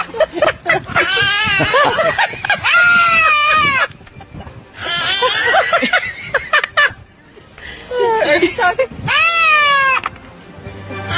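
A lamb's quavering bleats trade off with a baby girl's wailing cries, the lamb always starting and the baby last, several loud, wavering high-pitched calls in turn with short pauses between them, no talking.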